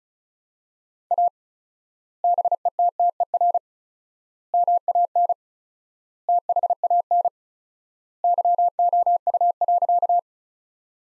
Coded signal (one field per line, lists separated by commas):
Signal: Morse code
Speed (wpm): 36 wpm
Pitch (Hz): 700 Hz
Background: none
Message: A BETTER MAN THAN YOU.